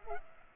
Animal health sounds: mosquito wingbeat signal from an infrared sensor; Culex pipiens

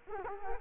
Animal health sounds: mosquito wingbeat signal from an infrared sensor; Culex quinquefasciatus

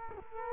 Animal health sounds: mosquito wingbeat signal from an infrared sensor; Culex quinquefasciatus

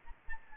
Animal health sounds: mosquito wingbeat signal from an infrared sensor; Aedes albopictus

